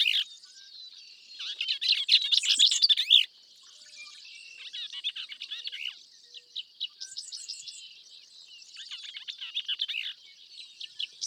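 Bell's vireo giving scratchy, jumbled chattering phrases in bursts separated by short pauses, with thin high notes above.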